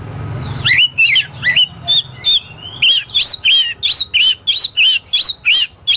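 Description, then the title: Oriental magpie-robin song, a rapid series of short, sharp whistled notes, about three a second. Kacer poci form; national champion competition bird, singing vigorously in nembak (shooting) and ngerol (rolling) styles; seven kinds of song every three minutes. "Kacer Poci Gacor Nembak Dan Ngerol Juara Nasional. 7 macam suara kacer setiap 3 menit"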